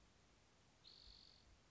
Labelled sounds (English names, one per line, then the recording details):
Spotted Towhee
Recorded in Sonoma County, California